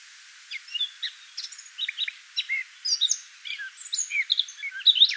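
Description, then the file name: Eurasian blackcap singing a scattered, chattering warble of short varied notes, with brief gaps between phrases and a sharper flourish near the end. "Sylvia atricapilla"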